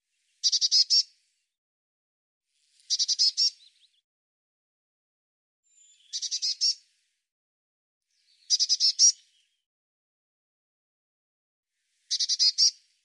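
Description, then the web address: Bird giving short, harsh, buzzy bursts of rapid notes, five bursts spaced a few seconds apart, with quiet in between. "cianscape birddata Deverinetal 2025 File cleaned normalized Bird Cy Ca"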